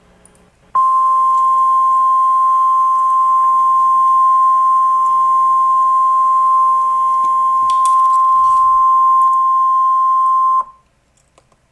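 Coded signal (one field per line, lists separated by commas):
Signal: Emergency Alert System (SAME) tones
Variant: 1050 Hz attention tone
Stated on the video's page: Mock, not real, tornado emergency alert for Conway Springs, Kansas.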